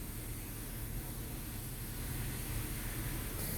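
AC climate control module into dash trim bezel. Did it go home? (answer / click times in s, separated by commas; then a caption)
no / none. An AC climate control module is taken and lined up in the dash trim bezel of a 2014–2019 Chevrolet or GMC truck before being pushed in, over a steady broadband hiss and low rumble. Nothing has seated or clicked yet.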